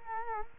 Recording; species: mosquito wingbeat signal from an infrared sensor; Culex quinquefasciatus